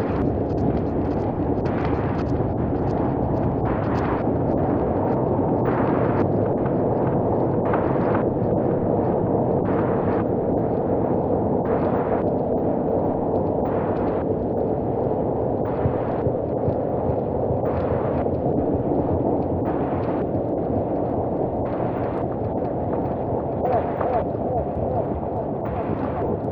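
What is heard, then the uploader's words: A modulated running sound: a thick, steady rumbling roar sits mostly in the low and middle range at a constant loud level. About every two seconds a brief, brighter hiss pulses over it, repeating evenly to the end. Running sounds modulated.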